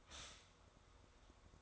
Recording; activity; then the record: daily activity, microphone in the room; stop toaster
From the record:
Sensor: 3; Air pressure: 1004.2 hPa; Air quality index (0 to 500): 199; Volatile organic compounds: 15 ppm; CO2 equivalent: 2497 ppm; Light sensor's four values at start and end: 4/11/4/4 and 4/11/4/4